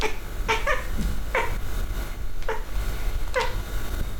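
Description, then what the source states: Cat chirps: a handful of brief clipped chirping notes over loud low rumbling noise. Cat hunting.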